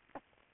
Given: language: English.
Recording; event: throat vibration sensor signal played as sound; swallow